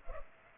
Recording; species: mosquito wingbeat signal from an infrared sensor; Culex pipiens